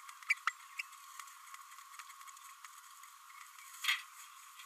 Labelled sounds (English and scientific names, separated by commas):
Green-rumped Parrotlet (Forpus passerinus) babbling